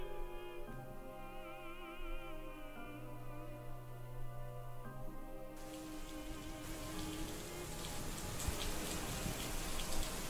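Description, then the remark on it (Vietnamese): Soft sustained musical tones play at first, then a sudden downpour bursts in halfway through, a dense, loud hiss of pouring rain that swells and washes over the music. “Lá cờ đón gió cứ như vậy bay phần phật rồi lặng đi khi vừa lúc cơn mưa ập xuống.”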